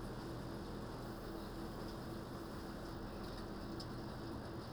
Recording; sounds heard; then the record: poultry house recording; no chicken sound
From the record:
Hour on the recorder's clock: 19